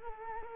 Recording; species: mosquito wingbeat signal from an infrared sensor; Culex quinquefasciatus